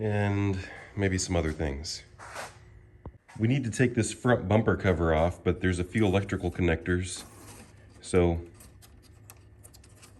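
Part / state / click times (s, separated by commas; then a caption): bumper wiring connector on its plastic retaining clip / released / 9.3 s. On an Audi Q5 (B8/B8.5 2.0T) whose front bumper cover is being removed, an electrical connector on the bumper wiring is worked free and pops off the plastic retaining clip that holds it. Someone talks through most of the clip, then a sharp snap is heard at 9.3 s, followed by a few smaller clicks. The connector did not break but came loose from its clip.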